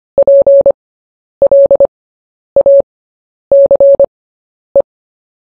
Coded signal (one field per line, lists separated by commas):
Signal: Morse code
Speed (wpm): 25 wpm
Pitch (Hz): 560 Hz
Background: none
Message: PLACE